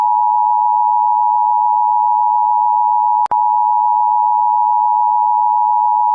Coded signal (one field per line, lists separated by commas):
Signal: Emergency Alert System (SAME) tones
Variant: 853 and 960 Hz attention tone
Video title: EAS zombie warning